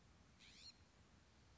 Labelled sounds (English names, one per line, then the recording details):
California Scrub-Jay
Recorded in Sonoma County, California